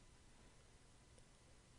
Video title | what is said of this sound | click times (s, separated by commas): Upgrade Ram in 2011 iMac to 16gb How to | then once again pull out the plastic tabs and add the new Ram modules pushing them in until you hear a click | 1.2 s